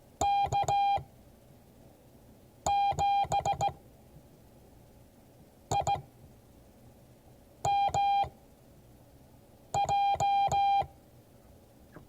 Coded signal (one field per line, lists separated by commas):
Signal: Morse code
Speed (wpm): 16 wpm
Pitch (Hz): 800 Hz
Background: none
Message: K7IMJ